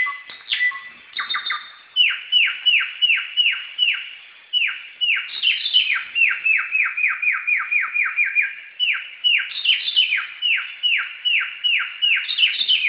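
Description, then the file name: Samyong song: a fast series of clear downward-sweeping whistles, with higher notes overlapping at intervals. Recorded in forest. "suara burung samyong di hutan"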